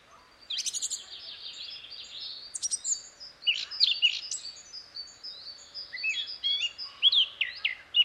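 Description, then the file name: Eurasian blackcap song: rapid, rich warbling chatter mixing scratchy notes with clear fluty whistles, delivered in quick bursts throughout. "Sylvia atricapilla"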